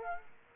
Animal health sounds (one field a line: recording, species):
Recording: mosquito wingbeat signal from an infrared sensor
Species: Aedes aegypti